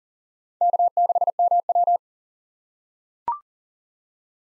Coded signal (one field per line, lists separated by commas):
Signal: Morse code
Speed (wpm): 39 wpm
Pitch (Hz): 700 Hz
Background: none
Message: K6MW